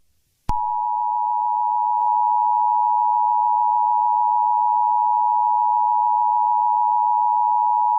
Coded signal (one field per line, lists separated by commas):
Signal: Emergency Alert System (SAME) tones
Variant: 853 and 960 Hz attention tone